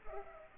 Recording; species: mosquito wingbeat signal from an infrared sensor; Culex pipiens